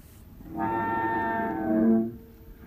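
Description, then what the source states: Humpback whale song unit, a sustained tonal moan with rich harmonics lasting about one and a half seconds, swelling louder near its end, over low underwater noise. Humpback whales recorded at Kuiu.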